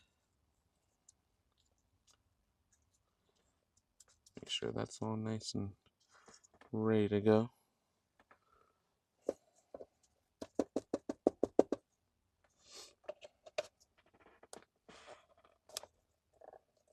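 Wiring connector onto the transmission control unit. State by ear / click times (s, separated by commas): not seated / none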